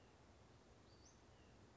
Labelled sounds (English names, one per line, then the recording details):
Western Flycatcher
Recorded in Sonoma County, California